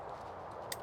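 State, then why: Seated. A second plastic MC4-style solar extension cable connector is pushed into its mating connector and clicks in at 0.7 s, a short sharp snap over a steady low background. The connector is seated, and a tug confirms it holds.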